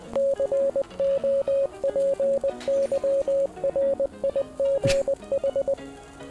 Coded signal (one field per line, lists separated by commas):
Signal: Morse code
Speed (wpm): 20 wpm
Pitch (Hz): 550 Hz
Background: music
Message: COPYRIGH